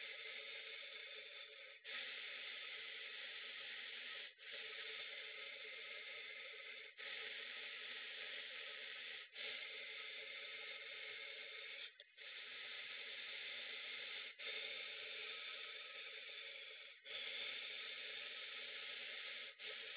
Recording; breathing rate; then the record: paced breathing near a phone; 12 breaths a minute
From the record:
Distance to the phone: 20 cm